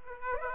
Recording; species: mosquito wingbeat signal from an infrared sensor; Aedes aegypti